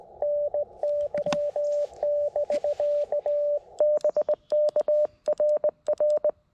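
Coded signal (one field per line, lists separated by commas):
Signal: Morse code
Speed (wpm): 20 wpm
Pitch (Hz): 590 Hz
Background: radio noise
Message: NY <BK> BK RR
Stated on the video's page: Morse from a POTA park activation at K-5221 on a portable radio, after a firmware update improved its CW.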